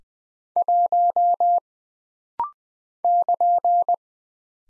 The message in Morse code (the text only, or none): 1 <KN>